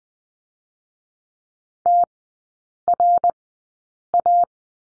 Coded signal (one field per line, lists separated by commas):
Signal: Morse code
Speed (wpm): 20 wpm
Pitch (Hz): 700 Hz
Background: none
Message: TRA